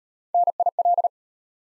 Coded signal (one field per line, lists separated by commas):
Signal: Morse code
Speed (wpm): 32 wpm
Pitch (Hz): 700 Hz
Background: none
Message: NIL